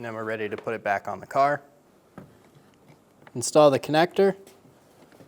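Someone talks while handling the wiring harness connector that goes onto the back of the new plastic power window and door lock switch for a 2007-2011 Toyota Camry, with a few faint handling sounds between the speech. The connector has not seated or clicked yet.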